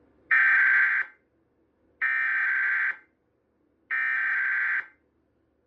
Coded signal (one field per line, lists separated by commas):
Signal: Emergency Alert System (SAME) tones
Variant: header bursts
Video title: EAS: Massachusetts RMT on WBZ-FM and Comcast (8/4/2026)